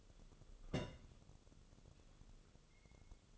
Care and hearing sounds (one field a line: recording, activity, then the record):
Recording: daily activity, microphone in the room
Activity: place on stove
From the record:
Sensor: 4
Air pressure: 1008.9 hPa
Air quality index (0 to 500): 128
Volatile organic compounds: 1 ppm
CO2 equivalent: 934 ppm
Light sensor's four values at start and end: 11/24/9/9 and 11/24/10/9